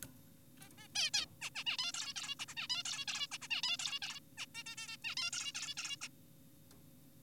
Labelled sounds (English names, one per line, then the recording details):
Zebra Finch
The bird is an adult
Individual g4p5U